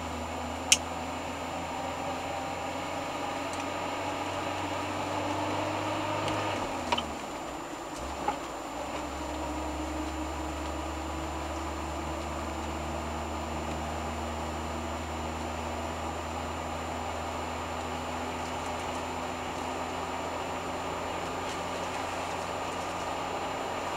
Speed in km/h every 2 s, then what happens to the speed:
29, 31, 32, 34, 35, 37, 38, 40, 41, 42, 43, 44.
0-24 speeds up to 44.